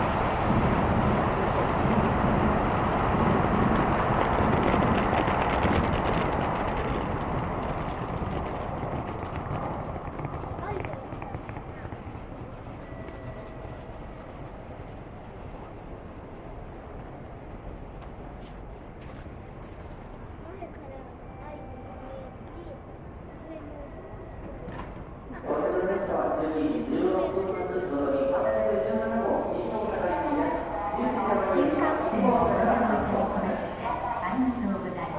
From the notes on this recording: sounds of trains coming and going, people talking, vending machines, and announcements